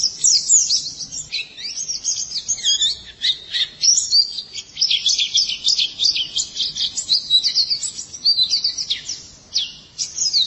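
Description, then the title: White-eye song of quick, thin, high twittering phrases and trills, delivered in energetic bursts with a few brief gaps. "Kicauan Burung Pleci"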